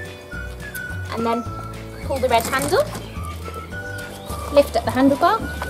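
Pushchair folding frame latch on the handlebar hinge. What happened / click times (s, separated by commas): The frame latch is being handled but has not clicked home yet / none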